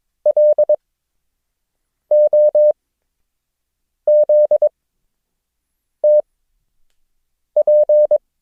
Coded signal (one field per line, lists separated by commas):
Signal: Morse code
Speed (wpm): 22 wpm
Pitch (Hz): 600 Hz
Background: none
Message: LOZTP